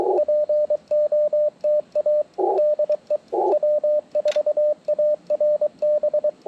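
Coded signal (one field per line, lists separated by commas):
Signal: Morse code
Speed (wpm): 22 wpm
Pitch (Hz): 600 Hz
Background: radio noise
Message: POTA DE W4ARB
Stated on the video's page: On-air QRP CW during a park activation, band hopping, with Icom IC-705, PackTenna 9:1 random wire, Elecraft T1 tuner, Begali Traveler paddles.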